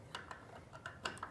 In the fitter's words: so i'll grab it and then use two hands to install it make sure you hear that click when it gets installed